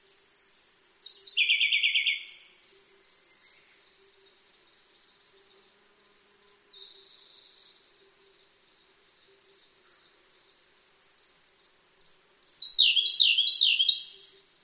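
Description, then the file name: Siberian blue robin with two loud songs of high, fast repeated notes, separated by soft high notes and a quieter buzzy phrase. "koruri"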